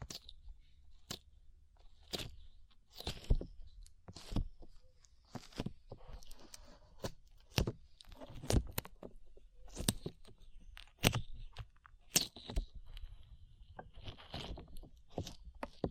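Slime being squished and pressed, with frequent sharp, wet clicks and pops breaking out every half second or so. Between them, softer squelching textures and a steady low rumble fill the background, and the bursts stay irregular throughout the sixteen seconds.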